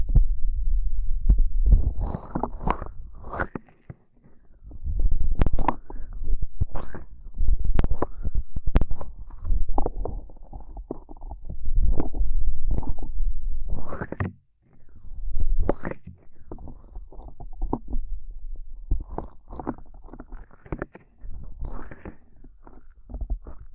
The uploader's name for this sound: Ear Cupping Triggers